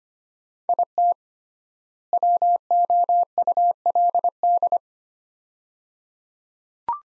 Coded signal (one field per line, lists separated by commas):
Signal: Morse code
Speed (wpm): 25 wpm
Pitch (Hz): 700 Hz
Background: none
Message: IT WOULD